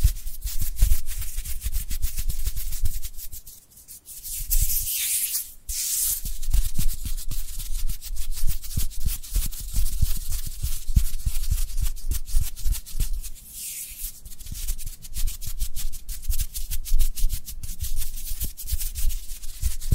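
Dry hands rub and brush together in a steady, dense run of quick scratchy strokes, like light sanding. Around four to six seconds the rubbing pauses and gives way to a brighter hissing swipe, then the busy friction returns and continues to the end.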